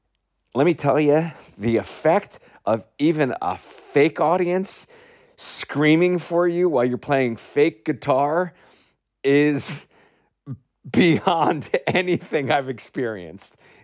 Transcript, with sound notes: let me tell you, the effect of even a fake audience screaming for you while you're playing fake guitar is (laughter) beyond anything I've experienced.